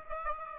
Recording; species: mosquito wingbeat signal from an infrared sensor; Aedes aegypti